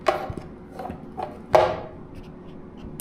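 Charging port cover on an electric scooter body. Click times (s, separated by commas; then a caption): 1.5 s. After the charger is unplugged, the plastic charging-port flap on a Kyte Energy electric scooter is closed and locks shut automatically. A light knock at 0.1 s and softer taps near 0.8 s and 1.2 s lead to the loudest sharp click at 1.5 s, with a brief ringing tail and a small tick at 3.0 s. The cover is locked at 1.5 s.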